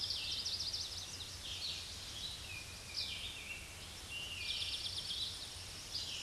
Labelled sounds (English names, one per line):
Eastern Towhee song